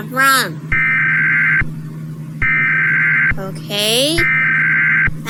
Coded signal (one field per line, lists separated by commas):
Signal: Emergency Alert System (SAME) tones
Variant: header bursts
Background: speech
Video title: Rating EAS Alarms! [Part 1]